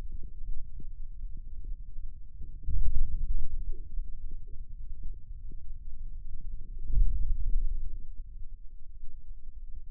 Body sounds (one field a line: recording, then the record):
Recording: forearm muscle sounds (acoustic myography)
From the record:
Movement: hand opening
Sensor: system 2, bracelet of six BSWA MPA416 microphones around the upper forearm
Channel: 1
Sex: male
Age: 22 years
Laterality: right